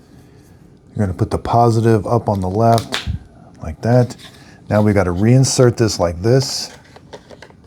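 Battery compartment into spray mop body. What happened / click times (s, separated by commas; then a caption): A plastic cover is being pushed into place but has not yet snapped home / none. Someone talks while loading batteries into the plastic battery compartment of a Swiffer WetJet spray mop, then pushes the compartment back into the mop body. Faint sharp handling ticks come near the end, from about 7.0 to 7.7 s. The clip ends before the compartment goes home; nothing has seated or snapped in yet.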